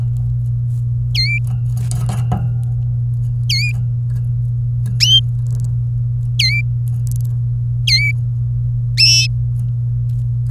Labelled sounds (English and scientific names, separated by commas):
Domestic Canary (Serinus canaria) song